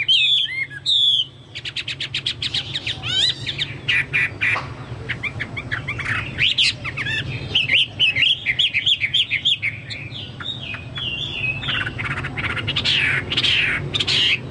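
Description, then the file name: Chinese hwamei pouring out continuous song, with rapid trills, slurred whistles and dense varied phrases throughout, over a faint low hum. "hwamei-2-omkicau"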